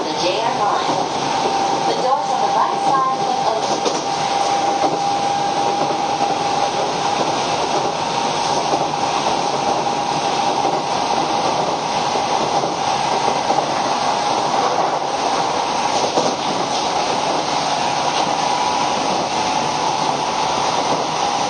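A Keio 5000 series train running between Motoyawata and Hashimoto, with a steady, dense rolling roar at an even level throughout. A thin motor whine holds for the first seven seconds or so, and a few short high chirps sound around two to three seconds.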